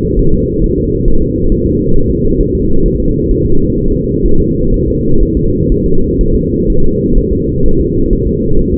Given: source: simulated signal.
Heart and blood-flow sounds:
fetal heart sounds
0.19 s: S1
0.34 s: S2
0.64 s: S1
0.78 s: S2
1.08 s: S1
1.22 s: S2
1.52 s: S1
1.66 s: S2
1.96 s: S1
2.11 s: S2
2.41 s: S1
2.55 s: S2
2.86 s: S1
3.00 s: S2
3.31 s: S1
3.46 s: S2
3.78 s: S1
3.92 s: S2
4.25 s: S1
4.40 s: S2
4.74 s: S1
4.88 s: S2
5.23 s: S1
5.37 s: S2
5.72 s: S1
5.86 s: S2
6.21 s: S1
6.35 s: S2
6.70 s: S1
6.84 s: S2
7.18 s: S1
7.33 s: S2
7.66 s: S1
7.80 s: S2
8.13 s: S1
8.27 s: S2
8.59 s: S1
8.73 s: S2
From the record:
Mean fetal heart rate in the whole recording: 130 bpm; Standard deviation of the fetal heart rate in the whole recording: 4 bpm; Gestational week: 38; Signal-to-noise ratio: -19.1 dB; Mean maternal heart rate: 72 bpm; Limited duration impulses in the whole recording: present

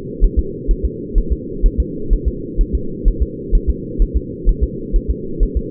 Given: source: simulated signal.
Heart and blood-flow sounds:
fetal heart sounds
0.25 s: S1
0.39 s: S2
0.71 s: S1
0.85 s: S2
1.18 s: S1
1.33 s: S2
1.66 s: S1
1.80 s: S2
2.13 s: S1
2.28 s: S2
2.61 s: S1
2.75 s: S2
3.08 s: S1
3.22 s: S2
3.55 s: S1
3.69 s: S2
4.02 s: S1
4.16 s: S2
4.49 s: S1
4.63 s: S2
4.96 s: S1
5.10 s: S2
5.43 s: S1
5.57 s: S2
From the record:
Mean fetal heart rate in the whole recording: 130 bpm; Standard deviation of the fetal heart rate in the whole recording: 4 bpm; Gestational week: 38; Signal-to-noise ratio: -4.3 dB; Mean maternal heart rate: 72 bpm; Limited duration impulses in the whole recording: absent

